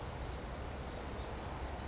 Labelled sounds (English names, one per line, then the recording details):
California Towhee
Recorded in Sonoma County, California